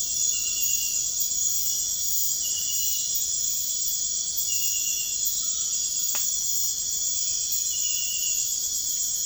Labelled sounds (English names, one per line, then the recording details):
none
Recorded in pastures near Puerto Asís, Putumayo, Colombia, on 21 March 2025 at 00:30
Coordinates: 0.502, -76.324
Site GP07